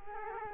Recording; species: mosquito wingbeat signal from an infrared sensor; Culex quinquefasciatus